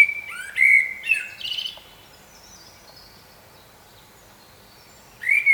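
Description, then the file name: Common blackbird giving a fluted phrase with high twittering, then quiet, and the start of a new phrase right at the end. "Turdus merula"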